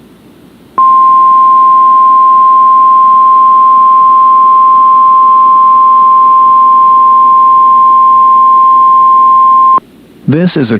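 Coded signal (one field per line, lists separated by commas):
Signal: Emergency Alert System (SAME) tones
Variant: 1050 Hz attention tone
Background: speech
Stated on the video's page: Required weekly test SAME tones on NOAA Weather Radio station WXK26, Corpus area.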